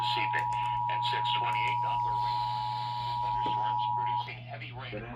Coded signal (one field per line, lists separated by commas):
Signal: Emergency Alert System (SAME) tones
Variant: 853 and 960 Hz attention tone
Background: speech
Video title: Eas FFW on KUHF 88.7fm, KFNC 97.5fm and Kube tv 57.1 Eas#1298-1300